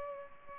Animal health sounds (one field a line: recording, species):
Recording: mosquito wingbeat signal from an infrared sensor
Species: Culex pipiens